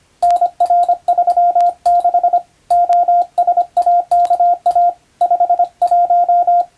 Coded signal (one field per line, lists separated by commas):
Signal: Morse code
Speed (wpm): 25 wpm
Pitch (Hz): 700 Hz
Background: radio noise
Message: NR36 OSAKA 51